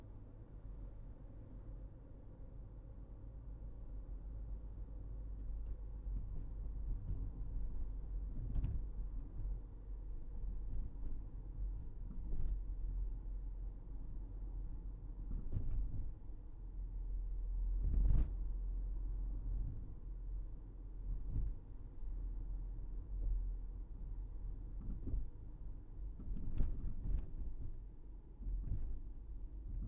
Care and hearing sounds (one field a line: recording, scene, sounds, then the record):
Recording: everyday scene through a hearing-aid microphone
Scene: in a vehicle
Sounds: engine, rumble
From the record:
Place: Berlingo II, diesel engine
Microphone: behind the ear, right, rear